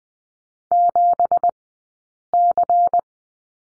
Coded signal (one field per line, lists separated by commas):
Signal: Morse code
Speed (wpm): 20 wpm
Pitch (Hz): 700 Hz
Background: none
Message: 7C